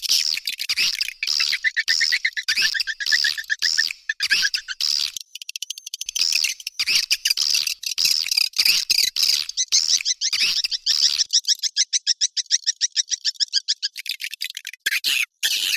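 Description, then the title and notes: Swiftlet calls: continuous high-pitched twittering and rapid chirps, ending with a long, even train of quick clicking pulses, then more twitters. Asia; sound used in swiftlet farming to attract the birds. "Swiflet Bird Sound. Farming Swiflet Bird asia sound"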